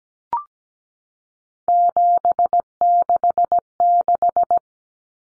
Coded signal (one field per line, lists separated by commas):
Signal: Morse code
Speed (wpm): 17 wpm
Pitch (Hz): 700 Hz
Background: none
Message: 766